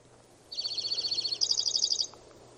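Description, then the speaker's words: Dark-eyed Junco song, a ringing trill of about one and a half seconds that steps up to a louder, slightly higher second half; faint low hum beneath. Ringing, musical song with a skip in tone rather than the usual single straight tone; recorded on Mount Edgecombe Trail. "And that ringing is just classic for the dark-eyed junco, but it's so different."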